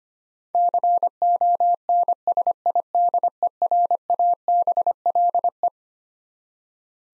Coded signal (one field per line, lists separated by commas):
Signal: Morse code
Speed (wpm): 25 wpm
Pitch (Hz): 700 Hz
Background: none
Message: CONSIDERABLE